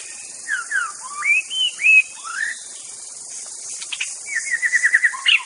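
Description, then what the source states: White-rumped shama song of sweeping whistled slurs followed by a quick rattling series of repeated notes, over a continuous high insect drone. Wild bird from the forest.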